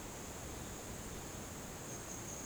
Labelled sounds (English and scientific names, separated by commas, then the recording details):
none
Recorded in dense forest near Puerto Asís, Putumayo, Colombia, on 13 March 2025 at 17:30
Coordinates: 0.486, -76.317
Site G053